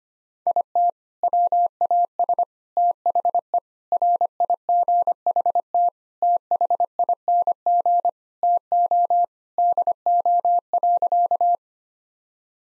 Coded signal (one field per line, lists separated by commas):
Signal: Morse code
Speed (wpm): 25 wpm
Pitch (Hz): 700 Hz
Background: none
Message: IT WAS THE RIGHT THING TO DO.